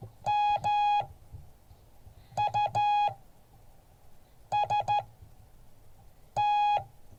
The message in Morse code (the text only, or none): MUST